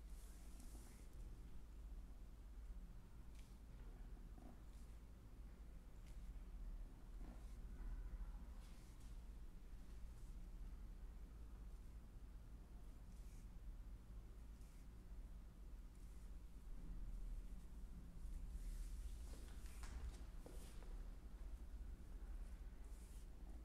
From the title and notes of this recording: Calming chair massage ASMR head, scalp, neck, hand and arms massage.